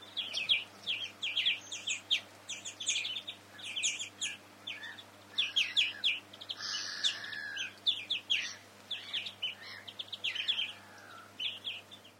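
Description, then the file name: European greenfinch twittering in clustered bursts of sharp chirps, with a drawn-out buzzy note near the middle and short gaps between runs. "Chloris chloris"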